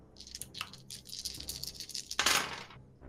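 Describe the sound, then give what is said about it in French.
Six dice, rolled for a mental defense in a Degenesis tabletop role-playing game, rattle and tumble across a hard surface, a quick flurry of bright clicks and clatters with a louder burst near the end before settling. No one speaks. “Gendos de son côté va se défendre avec sa défense mentale et jette donc 6 dés.”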